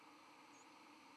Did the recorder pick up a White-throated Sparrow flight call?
no